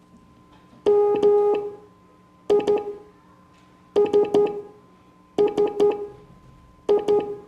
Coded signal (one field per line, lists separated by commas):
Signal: Morse code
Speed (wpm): 12 wpm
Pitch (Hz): 410 Hz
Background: none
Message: MISSI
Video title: Morse Code Class 04